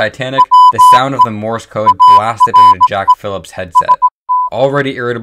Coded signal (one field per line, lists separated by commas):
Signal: Morse code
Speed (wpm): 18 wpm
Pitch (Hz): 1000 Hz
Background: speech, music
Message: WE ARE ST